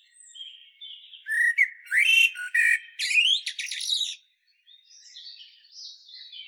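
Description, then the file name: Common blackbird song: loud fluted notes sweeping upward, mixed with squeaky high twitters, then a softer scratchy high warble after a brief pause. "Turdus merula"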